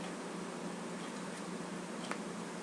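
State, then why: Seated. The second side of an i-Blason Prime Series dual layer plastic phone case is pressed onto a Samsung Galaxy Note 4 one section at a time. Over a steady background hiss, a single short, sharp click sounds at 2.1 s as a section of the case edge snaps into place on the phone.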